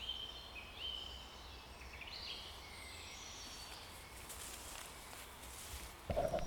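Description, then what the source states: Bird song: a few whistled, slurred notes early on, then a broad rushing noise and a sharp knock near the end. Forest setting.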